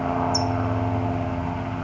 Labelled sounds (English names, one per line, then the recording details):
California Towhee
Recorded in Sonoma County, California